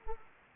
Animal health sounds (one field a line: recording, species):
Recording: mosquito wingbeat signal from an infrared sensor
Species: Anopheles gambiae